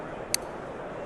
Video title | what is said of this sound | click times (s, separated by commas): Double / Dual Action Automatic Switchblades from 1850 by Doug G | hear that little click that released the kick spring okay very unusual | 0.3 s